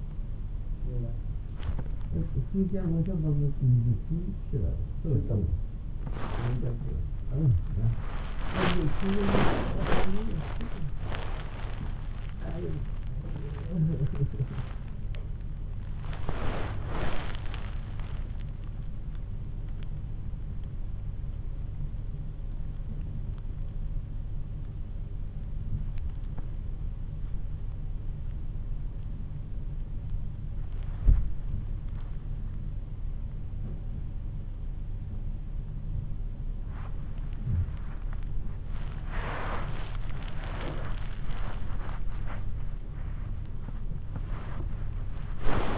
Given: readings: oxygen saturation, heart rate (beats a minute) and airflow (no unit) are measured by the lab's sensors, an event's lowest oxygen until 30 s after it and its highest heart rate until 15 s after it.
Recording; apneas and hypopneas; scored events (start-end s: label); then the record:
a person awake in a sleep study, by a smartphone at the bedside; none
0.00-45.78 s: awake
From the record:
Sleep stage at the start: awake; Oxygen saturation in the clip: 89 to 97%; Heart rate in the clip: 60 to 65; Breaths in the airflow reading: 7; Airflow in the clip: -4.7 to 8.6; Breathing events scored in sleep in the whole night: 388 in 6.5 hours asleep